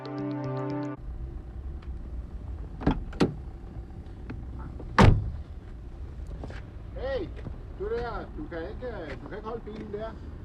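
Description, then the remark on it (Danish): A wheelchair lift extends out from a car, running with a steady electric motor hum, opening with a short buzzing warning tone, then sharp mechanical clunks; people begin talking over it near the end. “Det er fordi, at jeg skal ind i min egen bil her, og jeg har en lift, der går ud.”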